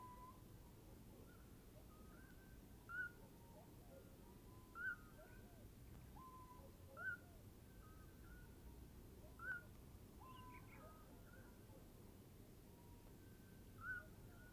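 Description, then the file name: Eurasian Scops Owl calls, several sharp brief high notes at intervals, mixed with fainter whistled hoots and a constant low hiss. Female hoots first, then the male, followed by the female's soliciting calls. "Eurasian Scops Owl Hooting of female male then soliciting calls of female"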